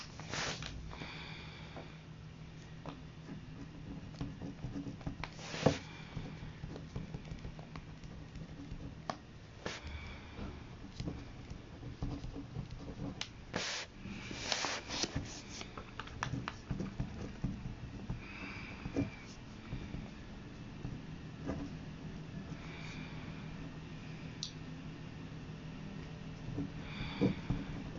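Someone nibbles crunchy sweet potato sticks while copying out poems by hand, sharp crunches and clicks breaking a steady low hum.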